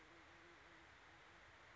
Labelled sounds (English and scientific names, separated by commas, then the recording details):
Band-tailed Pigeon (Patagioenas fasciata)
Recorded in Sonoma County, California